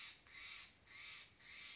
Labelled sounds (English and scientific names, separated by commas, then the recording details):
Steller's Jay (Cyanocitta stelleri)
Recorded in Sonoma County, California